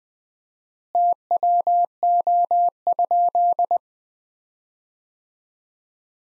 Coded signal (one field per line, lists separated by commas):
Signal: Morse code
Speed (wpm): 20 wpm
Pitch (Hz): 700 Hz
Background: none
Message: TWO?